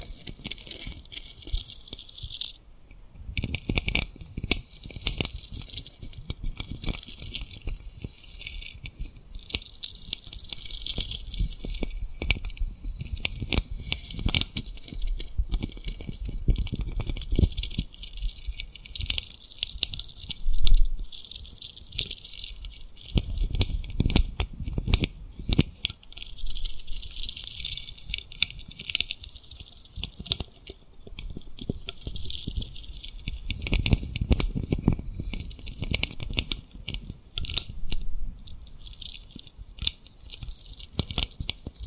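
Tapping and rubbing on rhinestones with lip sounds, a dense run of tiny clicks, scratches and crackles that rarely pauses. The texture is bright and fizzy, with softer low rustling swells around 5, 16, 25 and 34 seconds and a brief drop near 3 seconds.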